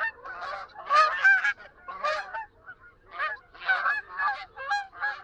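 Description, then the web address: Canada goose honking, a flock giving loud, nasal, overlapping honks in irregular bursts, with brief pauses between groups. "Dan Gibson Wildlife Identification By Sound, Eastern North America Pt 2. Canada Goose"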